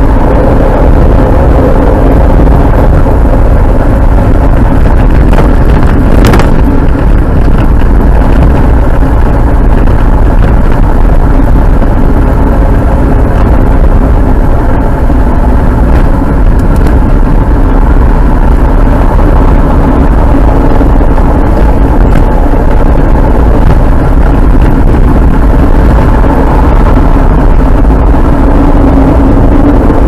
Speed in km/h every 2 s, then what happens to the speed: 56, 58, 58, 60, 58, 59, 60, 60, 62, 62, 56, 59, 61, 59, 53.
0-16 steady at about 59. 16-21 slows to 56. 25-30 slows to 53.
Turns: none.